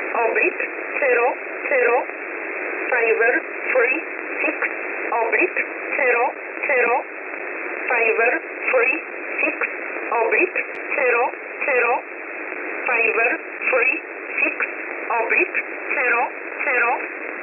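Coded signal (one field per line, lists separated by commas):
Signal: numbers station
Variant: E11 Oblique, English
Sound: a voice reading short, evenly spaced words, likely numbers, over a narrow radio channel with hiss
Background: radio static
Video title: 19 05 2021 Number station E11 Oblique in English to Eu 0900 on 7449 unknown tx site in USB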